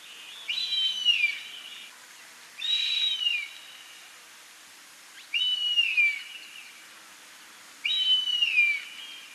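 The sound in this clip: Bird song: a whistled phrase sliding downward between high pitches, repeated about every two and a half seconds, four phrases in all, with quiet background.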